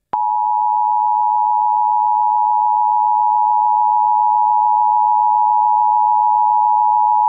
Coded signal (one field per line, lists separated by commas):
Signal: Emergency Alert System (SAME) tones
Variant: 853 and 960 Hz attention tone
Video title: EAS Required Monthly Test for Virginia on WRVQ Richmond, VA (Q94)